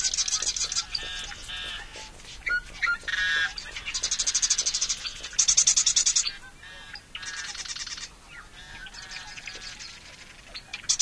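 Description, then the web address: Marsh Wren song: a series of short, rattling, buzzy trills, mixed with sharp clicks. Common western species of North America. "Songs of Birds of North America Know Your Bird Sounds. Marsh Wren"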